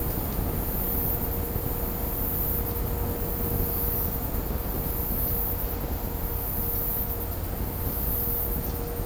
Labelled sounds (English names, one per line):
none